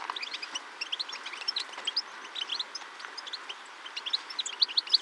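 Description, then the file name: European goldfinch twittering, many quick liquid chirps overlapping continuously over a hissing background. "Carduelis carduelis"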